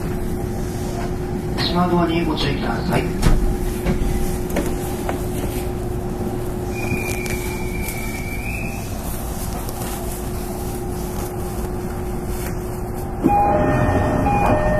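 Running sound of a 305 series electric train: a steady low rumble with a constant motor whine throughout. Brief voice-like sounds occur near two seconds, a thin high tone rises and holds from about seven to nine seconds, and the sound grows louder and brighter at thirteen seconds.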